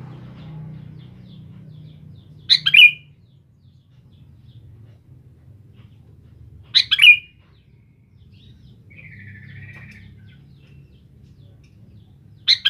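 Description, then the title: Sooty-headed bulbul delivers quick chirpy bursts at intervals of about four to six seconds, with a faint wavering note between them over a steady low hum. "Kutilang"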